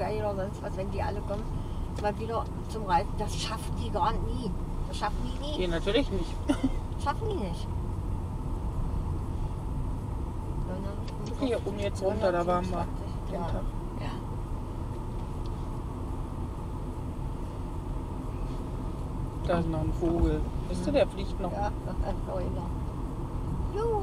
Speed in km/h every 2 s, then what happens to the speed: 17, 16, 17, 19, 20, 20, 21, 23, 25, 24, 24, 25.
0-24 speeds up to 25.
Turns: 1-3.